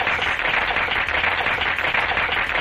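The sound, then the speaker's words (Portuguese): An applause sound effect brought up by the editor: many hands clapping at once in a dense, even roar that holds at the same loud level throughout, with no voices over it. “Editor, suba as palmas.”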